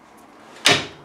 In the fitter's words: and you can hear it click positively into the next 45 degree.